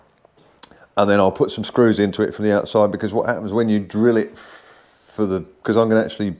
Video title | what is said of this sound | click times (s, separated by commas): Stone Barn Renovation Episode 57 : Plumbing and Plastering | it just snaps into place, | 0.6 s